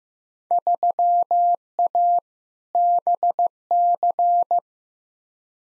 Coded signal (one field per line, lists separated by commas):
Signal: Morse code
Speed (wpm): 15 wpm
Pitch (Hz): 700 Hz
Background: none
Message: 3A BC